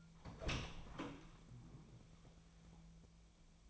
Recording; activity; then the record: daily activity, microphone in the room; open door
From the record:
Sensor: 1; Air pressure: 1000.5 hPa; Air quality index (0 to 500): 184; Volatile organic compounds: 4 ppm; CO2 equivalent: 1696 ppm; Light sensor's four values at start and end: 11/27/11/13 and 12/28/11/13